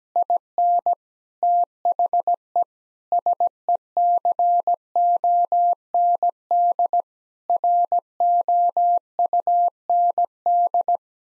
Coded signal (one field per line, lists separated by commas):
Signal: Morse code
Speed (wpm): 17 wpm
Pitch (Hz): 700 Hz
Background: none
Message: IN THE SECOND ROUND